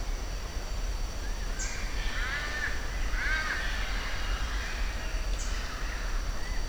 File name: Giant kingbird